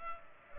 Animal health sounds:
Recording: mosquito wingbeat signal from an infrared sensor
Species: Culex pipiens

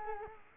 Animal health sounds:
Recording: mosquito wingbeat signal from an infrared sensor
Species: Culex quinquefasciatus

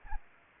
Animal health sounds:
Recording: mosquito wingbeat signal from an infrared sensor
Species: Anopheles arabiensis

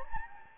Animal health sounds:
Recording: mosquito wingbeat signal from an infrared sensor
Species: Anopheles gambiae

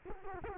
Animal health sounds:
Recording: mosquito wingbeat signal from an infrared sensor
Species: Culex quinquefasciatus

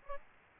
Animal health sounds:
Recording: mosquito wingbeat signal from an infrared sensor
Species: Aedes albopictus

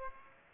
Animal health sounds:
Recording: mosquito wingbeat signal from an infrared sensor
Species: Aedes aegypti

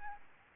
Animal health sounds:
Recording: mosquito wingbeat signal from an infrared sensor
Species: Aedes albopictus

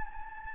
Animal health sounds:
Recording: mosquito wingbeat signal from an infrared sensor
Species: Anopheles gambiae

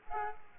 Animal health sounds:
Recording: mosquito wingbeat signal from an infrared sensor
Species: Aedes aegypti

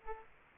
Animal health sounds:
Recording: mosquito wingbeat signal from an infrared sensor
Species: Aedes aegypti

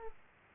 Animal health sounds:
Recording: mosquito wingbeat signal from an infrared sensor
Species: Aedes aegypti

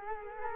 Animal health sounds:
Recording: mosquito wingbeat signal from an infrared sensor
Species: Culex quinquefasciatus

